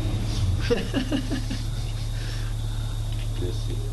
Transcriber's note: laughter